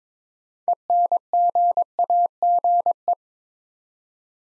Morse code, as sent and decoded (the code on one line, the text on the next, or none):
. -. --. .- --. .
ENGAGE